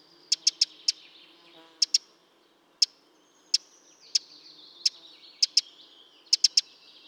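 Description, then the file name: Eurasian wren calls: crisp, high ticking notes in quick runs of two or three, with brief pauses between groups. "Troglodytes troglodytes"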